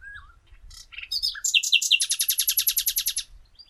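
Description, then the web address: Common nightingale song: slurred notes and short buzzes lead into a fast, even rattle of many repeated notes; a low rumble sits underneath. "pub SETE data Luscinia megarhynchos"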